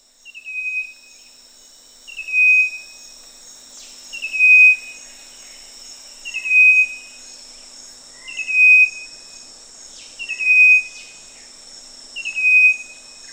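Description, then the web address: Striped wren-babbler call, a bright falling whistle repeated evenly about every two seconds, sometimes followed by a faint lower note, with a steady high insect drone behind. Recorded at Danum on 1 March 2008. "DANUM 20080301 striped wren-babbler"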